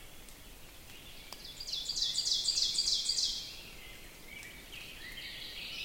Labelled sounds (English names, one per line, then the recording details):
Ovenbird song
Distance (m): 25 m
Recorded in boreal forest in Alberta, Canada, on 6 June 2016 at 05:14
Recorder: SongMeter 3, array SBT-3-51
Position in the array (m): 228 m, 7 m
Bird 27